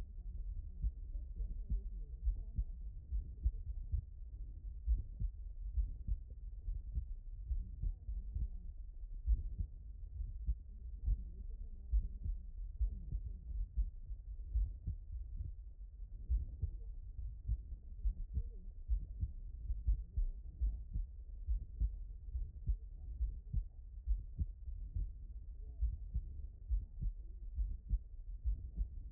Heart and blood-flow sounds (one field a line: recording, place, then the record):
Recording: heart sounds by stethoscope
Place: aortic valve (AV)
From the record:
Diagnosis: HFrEF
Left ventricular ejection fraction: 29%